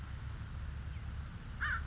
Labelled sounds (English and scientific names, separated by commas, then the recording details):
American Crow (Corvus brachyrhynchos)
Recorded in Sonoma County, California